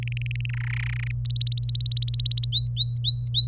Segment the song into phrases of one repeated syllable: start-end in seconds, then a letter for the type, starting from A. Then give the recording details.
0.03-0.46 A, 0.49-1.11 B, 1.25-2.46 C, 2.52-3.47 D. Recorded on 25 April 2018 at 16:04. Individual llb3